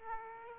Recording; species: mosquito wingbeat signal from an infrared sensor; Aedes aegypti